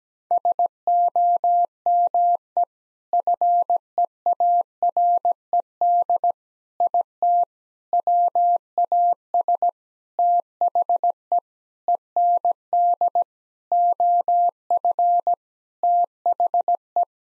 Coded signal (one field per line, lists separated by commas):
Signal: Morse code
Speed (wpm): 17 wpm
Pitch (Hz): 700 Hz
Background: none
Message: SOME FEARED IT WAS THE END OF THE